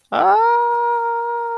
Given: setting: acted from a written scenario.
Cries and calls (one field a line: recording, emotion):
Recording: vocal sound without words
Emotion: distress